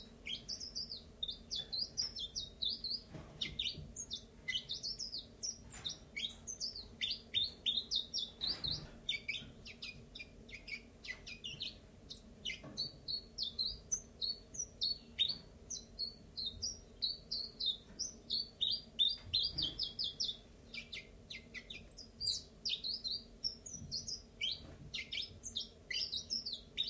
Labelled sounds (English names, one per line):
Common Chiffchaff